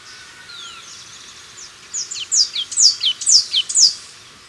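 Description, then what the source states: Blue-and-yellow Tanager gives a quick series of high, thin down-slurred notes after a quieter start with a faint whistled bird note. Recorded in Ecuador.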